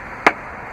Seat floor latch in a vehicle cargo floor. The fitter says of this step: and to do that we're just going to unlock the floor